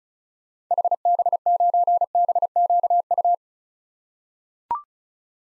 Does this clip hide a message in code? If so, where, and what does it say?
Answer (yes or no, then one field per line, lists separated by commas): yes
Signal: Morse code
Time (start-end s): 0.7-3.3 s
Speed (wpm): 36 wpm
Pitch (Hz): 700 Hz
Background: none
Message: HB9BQU